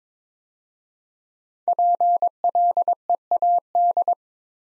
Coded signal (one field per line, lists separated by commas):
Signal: Morse code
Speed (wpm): 22 wpm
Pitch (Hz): 700 Hz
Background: none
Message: PLEAD